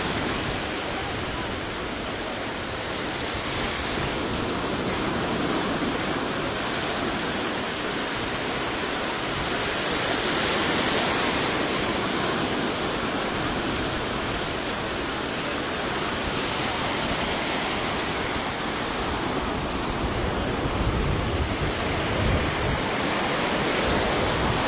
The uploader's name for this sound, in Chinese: 行走在海浪中